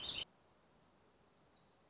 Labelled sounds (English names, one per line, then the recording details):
Black-throated Gray Warbler
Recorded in Sonoma County, California